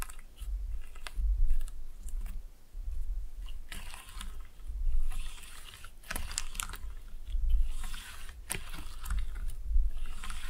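Slime being squished and pulled, with wet sticky crackles and sharp snaps every second or so over a low rumbling throb.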